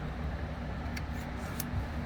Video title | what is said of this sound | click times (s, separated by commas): Opening up an MSI GP66 Leopard Laptop - Ram Upgrade - m.2 NVME Upgrade - Battery Removal | that little clam shell piece has been snapped back into place | 1.0 s, 1.6 s